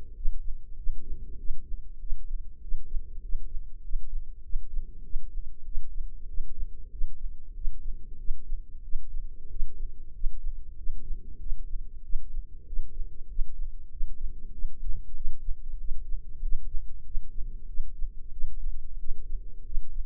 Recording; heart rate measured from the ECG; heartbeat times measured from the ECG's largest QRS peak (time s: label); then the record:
heart sounds by microphone in the right ear; 95 bpm
0.14 s: heartbeat
0.76 s: heartbeat
1.37 s: heartbeat
1.99 s: heartbeat
2.61 s: heartbeat
3.21 s: heartbeat
3.82 s: heartbeat
4.42 s: heartbeat
5.03 s: heartbeat
5.64 s: heartbeat
6.27 s: heartbeat
6.90 s: heartbeat
7.54 s: heartbeat
8.17 s: heartbeat
8.82 s: heartbeat
9.48 s: heartbeat
10.13 s: heartbeat
10.76 s: heartbeat
11.39 s: heartbeat
12.02 s: heartbeat
12.65 s: heartbeat
13.27 s: heartbeat
13.89 s: heartbeat
14.51 s: heartbeat
15.14 s: heartbeat
15.78 s: heartbeat
16.41 s: heartbeat
17.04 s: heartbeat
17.67 s: heartbeat
18.31 s: heartbeat
18.97 s: heartbeat
19.64 s: heartbeat
From the record:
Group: healthy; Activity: rest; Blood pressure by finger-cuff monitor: 114/67 mmHg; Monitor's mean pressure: 80 mmHg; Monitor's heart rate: 95 bpm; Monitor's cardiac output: 8.2 L/min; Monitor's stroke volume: 87 mL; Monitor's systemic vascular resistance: 700 dyn s/cm5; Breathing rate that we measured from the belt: 9 breaths a minute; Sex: male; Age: 19 years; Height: 178 cm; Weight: 83 kg